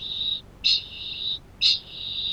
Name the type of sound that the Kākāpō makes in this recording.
ching call